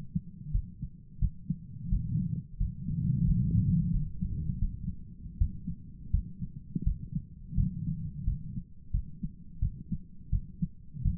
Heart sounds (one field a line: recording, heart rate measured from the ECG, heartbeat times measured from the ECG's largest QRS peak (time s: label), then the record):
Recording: heart sounds by stethoscope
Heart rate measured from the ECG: 86 bpm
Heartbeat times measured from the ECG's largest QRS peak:
0.51 s: heartbeat
1.19 s: heartbeat
1.89 s: heartbeat
2.57 s: heartbeat
3.25 s: heartbeat
3.91 s: heartbeat
4.58 s: heartbeat
5.37 s: heartbeat
6.11 s: heartbeat
6.84 s: heartbeat
7.54 s: heartbeat
8.24 s: heartbeat
8.91 s: heartbeat
9.59 s: heartbeat
10.30 s: heartbeat
11.02 s: heartbeat
From the record:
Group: healthy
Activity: rest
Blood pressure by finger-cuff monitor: 170/82 mmHg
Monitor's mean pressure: 102 mmHg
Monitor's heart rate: 88 bpm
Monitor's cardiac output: 9.2 L/min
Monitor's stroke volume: 105 mL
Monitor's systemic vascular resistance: 830 dyn s/cm5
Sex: male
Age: 57 years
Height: 188 cm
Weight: 106 kg